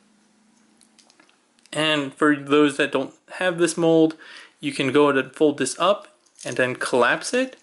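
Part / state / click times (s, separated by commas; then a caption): collapsible part of a plastic toy gun accessory / not seated / none. The collapsible part of a plastic toy gun accessory for a Transformers x Evangelion MP-10 Convoy Mode "Eva" figure is handled, with a few faint, brief handling sounds between 0.8 and 1.6 s. Someone then talks for the rest of the clip, and the part has not yet collapsed or clicked into its stored position.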